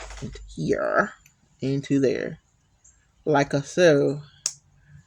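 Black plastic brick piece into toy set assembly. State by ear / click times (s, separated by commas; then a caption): seated / 4.5 s. A black plastic Lego brick piece is slid into its slot in a toy set assembly and pushed home while someone talks. One loud, very short snap is heard at 4.5 s as the piece clicks home and seats.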